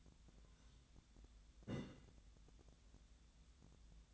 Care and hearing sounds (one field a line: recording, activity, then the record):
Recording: daily activity, microphone in the room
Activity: take from stove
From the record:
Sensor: 3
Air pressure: 1010.0 hPa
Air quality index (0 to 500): 187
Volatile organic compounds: 14 ppm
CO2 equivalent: 2434 ppm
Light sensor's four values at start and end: 41/101/43/47 and 41/102/44/47